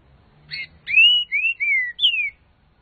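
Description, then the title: Green-winged saltator song, one short phrase: a brief buzzy note then four smooth whistles, the first rising and arching, the rest gliding downward. Song style called voice 06, one of fourteen song types of the species. "Canto De Trinca Ferro Voz 06"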